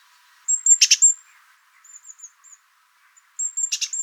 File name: Parus major